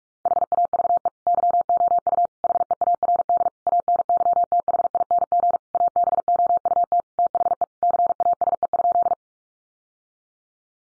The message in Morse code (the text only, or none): HAVE YOU HEARD ANYTHING ABOUT THE CASE?